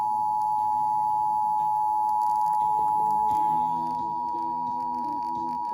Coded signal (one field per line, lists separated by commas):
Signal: Emergency Alert System (SAME) tones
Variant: 853 and 960 Hz attention tone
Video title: WRVA, WFLS, and WBQB RMT for Richmond Area, EAS 854-857